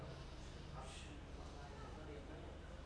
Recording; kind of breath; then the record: one breath in and out by a microphone near the nose and mouth; normal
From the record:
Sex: male